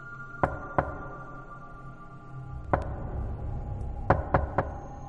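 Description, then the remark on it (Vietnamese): Knocking on a door late at night: two quick knocks, a pause, then a single knock followed by a rapid group of three, sharp and fairly loud over a low steady hum. “Thế nhưng tiếng gõ cửa ấy lại tiếp tục vang lên.”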